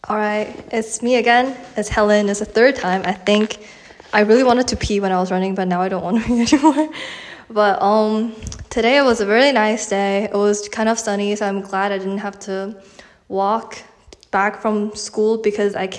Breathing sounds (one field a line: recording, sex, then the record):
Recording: free speech after running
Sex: female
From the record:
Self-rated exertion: moderate exertion (3 of 6)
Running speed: 6 miles an hour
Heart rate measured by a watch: 110 beats a minute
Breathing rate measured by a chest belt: 18 breaths a minute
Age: 18 years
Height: 167 cm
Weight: 50 kg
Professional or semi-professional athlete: no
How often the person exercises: 1 to 2 times a week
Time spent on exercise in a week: 1 to 2 hours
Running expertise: no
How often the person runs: 1 to 2 times a week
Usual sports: running, walking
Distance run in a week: 1 to 2 km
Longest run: 6 km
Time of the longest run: 34 minutes